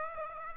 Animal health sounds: mosquito wingbeat signal from an infrared sensor; Aedes aegypti

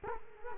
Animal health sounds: mosquito wingbeat signal from an infrared sensor; Culex quinquefasciatus

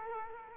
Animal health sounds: mosquito wingbeat signal from an infrared sensor; Culex quinquefasciatus

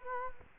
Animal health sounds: mosquito wingbeat signal from an infrared sensor; Culex quinquefasciatus

